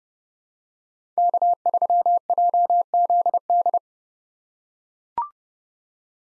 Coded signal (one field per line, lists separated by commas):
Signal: Morse code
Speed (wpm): 30 wpm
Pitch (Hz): 700 Hz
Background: none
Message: K3JZD